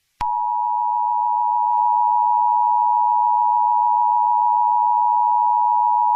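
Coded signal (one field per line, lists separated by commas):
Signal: Emergency Alert System (SAME) tones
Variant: 853 and 960 Hz attention tone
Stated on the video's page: Simulated EAS scenario, not a real alert.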